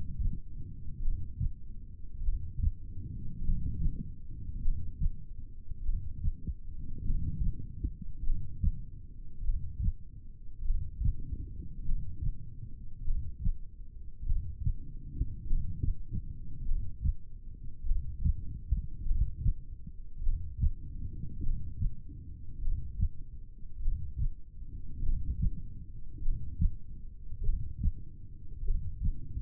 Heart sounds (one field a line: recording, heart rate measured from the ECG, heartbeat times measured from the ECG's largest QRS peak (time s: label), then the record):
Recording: heart sounds by stethoscope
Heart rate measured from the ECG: 50 bpm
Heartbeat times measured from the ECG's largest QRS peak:
1.04 s: heartbeat
2.25 s: heartbeat
3.46 s: heartbeat
4.64 s: heartbeat
5.85 s: heartbeat
7.07 s: heartbeat
8.26 s: heartbeat
9.46 s: heartbeat
10.67 s: heartbeat
11.87 s: heartbeat
13.07 s: heartbeat
14.28 s: heartbeat
15.49 s: heartbeat
16.67 s: heartbeat
17.88 s: heartbeat
19.07 s: heartbeat
20.25 s: heartbeat
21.45 s: heartbeat
22.63 s: heartbeat
23.84 s: heartbeat
25.05 s: heartbeat
26.24 s: heartbeat
27.45 s: heartbeat
28.66 s: heartbeat
From the record:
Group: heart failure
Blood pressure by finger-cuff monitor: 117/67 mmHg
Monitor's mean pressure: 84 mmHg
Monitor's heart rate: 50 bpm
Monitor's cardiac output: 4.4 L/min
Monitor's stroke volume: 88 mL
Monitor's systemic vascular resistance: 1390 dyn s/cm5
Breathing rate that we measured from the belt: 15 breaths a minute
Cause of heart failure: cardiac sarcoid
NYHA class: 1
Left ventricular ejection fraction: 39%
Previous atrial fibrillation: present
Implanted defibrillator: present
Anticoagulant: apixaban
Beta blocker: carvedilol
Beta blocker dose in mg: 50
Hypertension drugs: ramipril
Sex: male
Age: 79 years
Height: 184 cm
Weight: 92.5 kg